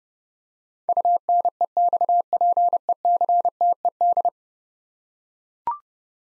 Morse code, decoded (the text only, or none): UNEXPECTED